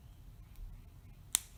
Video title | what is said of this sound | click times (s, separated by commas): How To Install Your TPMS Tire Pressure Monitoring System Solar Power | Just push it, make sure it's sitting in there right. You may hear it snapped a little bit. | 1.3 s